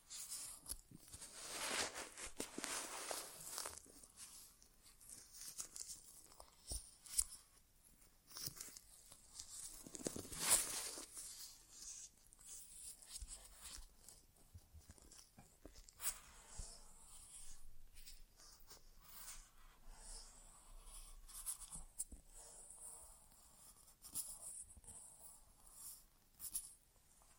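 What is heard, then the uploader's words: An ASMR inner ear exam with no talking: soft scratchy rustles and brushing sounds come in bursts, with brighter hissy swishes near the start and around ten seconds. Quieter fiddly touches, clicks and faint scraping fill the rest, irregular and unhurried. ASMR Inner Ear Exam (No Talking).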